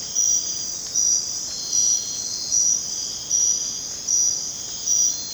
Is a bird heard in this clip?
no